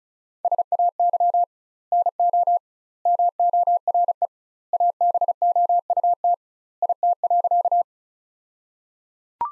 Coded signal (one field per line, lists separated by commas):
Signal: Morse code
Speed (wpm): 36 wpm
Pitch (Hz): 700 Hz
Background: none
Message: SAY NO MORE ABOUT IT.